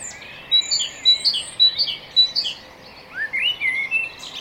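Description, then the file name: Great tit song: a bright two-note phrase repeated rapidly for about two seconds, then rising and falling notes, over steady background hiss. "Parus major"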